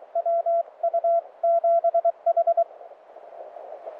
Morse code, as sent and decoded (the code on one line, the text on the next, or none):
.-- ..- --... ....
WU7H